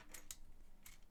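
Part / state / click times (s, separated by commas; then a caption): technic brick assembly locking into position on the loader model / seated / 0.3 s. A moving part on a newly built section of a plastic Lego Technic set #42049 Mine Loader is tested, and a sharp, bright click at 0.3 s marks it locking into position instead of flopping loose. Softer plastic ticks come just before at 0.15 s and after at 0.86 s. The part now stays locked in place and can't be pulled down.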